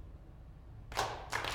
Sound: applause

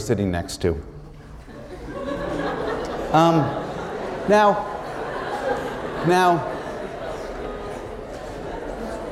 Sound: laughter

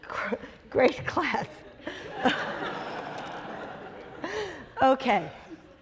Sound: laughter

